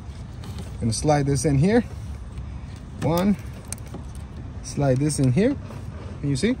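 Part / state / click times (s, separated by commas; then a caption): EVAP hose quick-connector onto purge valve port / seated / 3.7 s. Someone talks while sliding the first EVAP hose quick-connector onto the port of a new plastic purge valve on a 2015 Chrysler 200 2.4L, replaced to fix a rough idle, shaking and a P0496 small EVAP system leak. A sharp, short click sounds at 3.7 s as the connector snaps on and seats.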